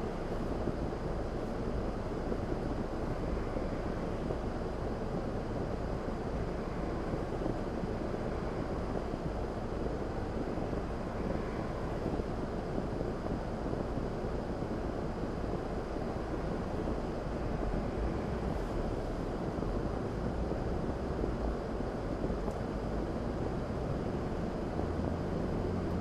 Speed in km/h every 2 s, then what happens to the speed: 0, 0, 0, 0, 0, 0, 0, 0, 8, 15, 23, 35, 42.
0-15 standing. 15-26 pulls away to 42.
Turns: 17-19.